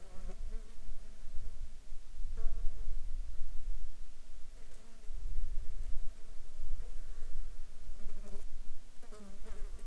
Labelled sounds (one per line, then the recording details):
insects
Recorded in Ivvavik National Park, Yukon, on 13 July 2019 at 14:11
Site SINP03